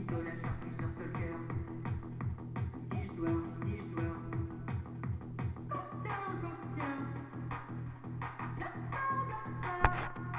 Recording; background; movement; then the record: deep breathing; music; sitting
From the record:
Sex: female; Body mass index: 21.8 kg/m2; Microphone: on the chest, facing the body